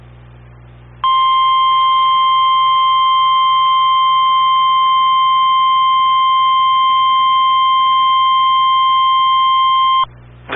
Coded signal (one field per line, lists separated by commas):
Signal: Emergency Alert System (SAME) tones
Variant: 1050 Hz attention tone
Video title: Tropical Storm Elsa + EAS Alerts from 7/9/21 - EAS 292-315